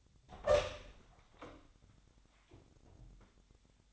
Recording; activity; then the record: daily activity, microphone in the room; open door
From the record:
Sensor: 3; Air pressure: 1007.2 hPa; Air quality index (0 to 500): 202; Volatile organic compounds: 17 ppm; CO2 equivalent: 2590 ppm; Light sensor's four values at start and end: 12/28/12/12 and 12/28/12/12